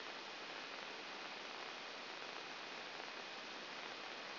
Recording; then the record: brain microelectrode recording played as sound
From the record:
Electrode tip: outside the subthalamic nucleus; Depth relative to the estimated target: 1 mm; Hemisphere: left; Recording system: AlphaMap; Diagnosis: Parkinson's disease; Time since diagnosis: 11 years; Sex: female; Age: 60 years